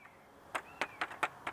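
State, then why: Seated. Someone presses the release button at the back of the adjustable plastic stock on a toy pulse rifle and slides the stock through its positions. It clicks into a lock position at 0.6, 0.8, 1.0, 1.2 and 1.5 seconds, with a faint sliding scrape between clicks. The stock seats firmly in each detent.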